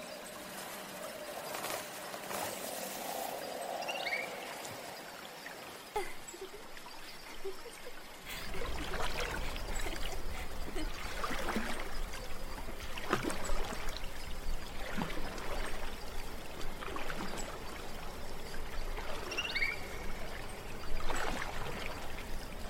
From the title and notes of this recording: Night forest. Stream, water lapping.